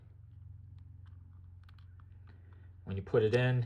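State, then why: Not seated. A 2TB SanDisk micro SD card is handled and lined up at the card slot of a Nintendo Switch game console before being pushed home. Faint light tapping sounds come over a low steady hum, and someone talks near the end. Nothing has seated or clicked yet.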